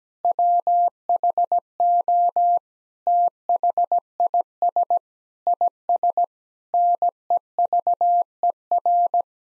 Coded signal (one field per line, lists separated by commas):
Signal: Morse code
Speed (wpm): 17 wpm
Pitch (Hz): 700 Hz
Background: none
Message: WHO THIS IS NEVER